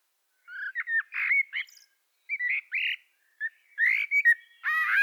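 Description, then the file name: Common blackbird song: short mellow warbled phrases rising and falling, separated by brief pauses, ending in a harsh squeaky note. "Turdus merula"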